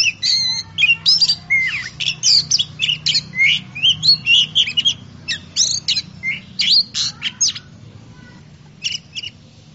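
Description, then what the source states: Oriental magpie-robin song, a rapid run of varied whistles, slurred notes and harsh buzzy phrases, pausing briefly before a final short burst. Champion singing bird.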